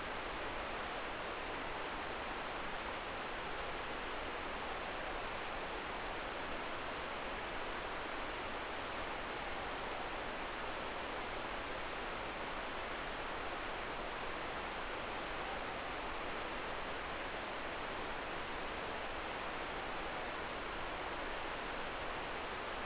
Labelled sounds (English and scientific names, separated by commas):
Morepork (Ninox novaeseelandiae) more-pork call